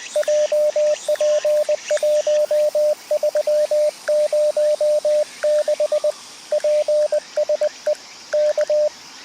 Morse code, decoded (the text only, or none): JP1306 PSE K